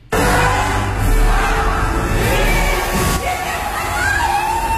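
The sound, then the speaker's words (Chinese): A large crowd of over 1,000 Chinese and foreign visitors cheers and shouts in a loud, continuous roar at the Beijing 2018 New Year countdown event in Yongdingmen Park, with excited high voices rising and falling as the countdown reaches zero and the New Year bell rings. “随着倒计时归零，新年钟声响起，现场的观众欢呼雀跃着迎接2018年新年的到来。”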